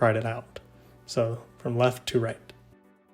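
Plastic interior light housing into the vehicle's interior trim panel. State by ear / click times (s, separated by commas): not seated / none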